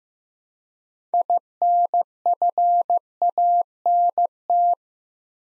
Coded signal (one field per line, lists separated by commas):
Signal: Morse code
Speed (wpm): 15 wpm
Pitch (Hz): 700 Hz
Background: none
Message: INFANT